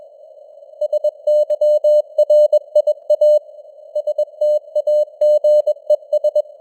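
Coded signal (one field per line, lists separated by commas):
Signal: Morse code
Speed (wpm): 21 wpm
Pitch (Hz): 600 Hz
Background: none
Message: SYRIA STAGES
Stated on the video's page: News headlines sent in Morse at 21 wpm with simulated radio noise and varying signal strength (QSB).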